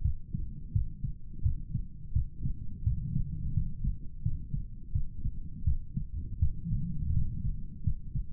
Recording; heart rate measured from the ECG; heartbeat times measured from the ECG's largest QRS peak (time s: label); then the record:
heart sounds by stethoscope; 84 bpm
0.02 s: heartbeat
0.72 s: heartbeat
1.43 s: heartbeat
2.13 s: heartbeat
2.84 s: heartbeat
3.54 s: heartbeat
4.22 s: heartbeat
4.92 s: heartbeat
5.64 s: heartbeat
6.39 s: heartbeat
7.13 s: heartbeat
7.84 s: heartbeat
From the record:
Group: healthy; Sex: male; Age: 35 years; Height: 178 cm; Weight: 64 kg